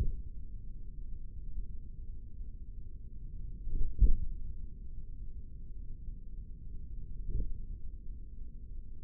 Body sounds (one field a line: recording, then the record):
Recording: forearm muscle sounds (acoustic myography)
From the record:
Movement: tripod grip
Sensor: system 3, bracelet of six PUI Audio POM-2738L microphones around the upper forearm, with dedicated amplification and filtering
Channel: 5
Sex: male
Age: 56 years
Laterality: right